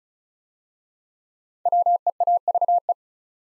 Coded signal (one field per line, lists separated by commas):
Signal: Morse code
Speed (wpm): 36 wpm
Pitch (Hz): 700 Hz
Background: none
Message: WEAVE